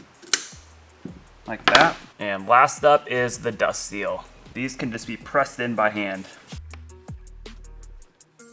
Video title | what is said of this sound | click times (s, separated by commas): New Suspension For The CR250! | certainement vouloir entendre un clic quand ce clip va dans la gorge comme ça et | 0.3 s